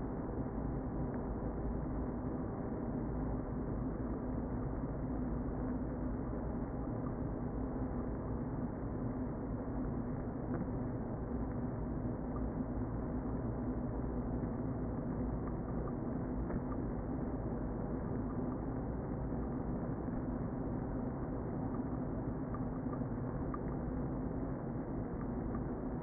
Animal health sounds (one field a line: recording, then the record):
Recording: honeybee colony, microphone inside the hive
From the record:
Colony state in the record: queen present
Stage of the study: before two queens were removed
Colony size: about 60,000 bees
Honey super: yes